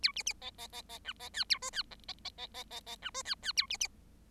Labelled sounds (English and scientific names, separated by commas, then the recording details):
Bengalese Finch (Lonchura striata domestica) song
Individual Bird7